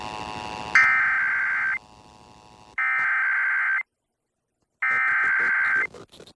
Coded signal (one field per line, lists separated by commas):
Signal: Emergency Alert System (SAME) tones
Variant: header bursts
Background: speech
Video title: EAS #894-895: 2 EAS Required Monthly Tests- Dec. 7, 2023- 12:15AM PST